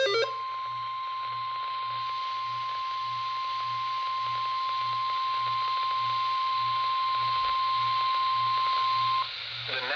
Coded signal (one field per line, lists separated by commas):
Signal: Emergency Alert System (SAME) tones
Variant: 1050 Hz attention tone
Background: speech